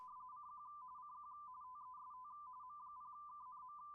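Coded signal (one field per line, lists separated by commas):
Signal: RTTY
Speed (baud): 45.45 baud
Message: CQ CQ TEST M0KNM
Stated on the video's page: RTTY in the CQ WW RTTY Contest 2025.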